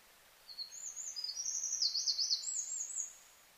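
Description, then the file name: Eurasian wren song, a rapid high-pitched stream of sharp notes and rattling trills running for over two seconds without a break. Recorded 4 March 2007. "misosazai-20070304"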